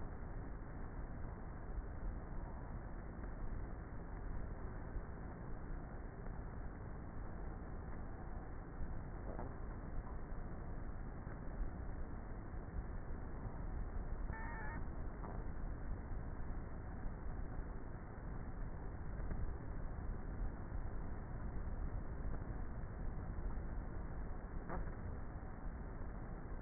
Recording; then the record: honeybee colony, microphone inside the hive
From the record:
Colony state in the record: queenless with a low population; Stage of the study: before two queens were removed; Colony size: about 30,000 bees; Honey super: no